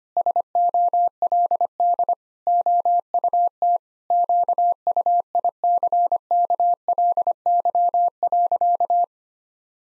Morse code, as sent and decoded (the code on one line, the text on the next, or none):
... --- .-.. -.. / --- ..- - / --.- ..- .. -.-. -.- .-.. -.-- .-.-.-
SOLD OUT QUICKLY.